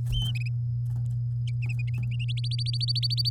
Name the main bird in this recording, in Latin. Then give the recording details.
Serinus canaria. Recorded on 8 May 2018 at 08:15. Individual llb16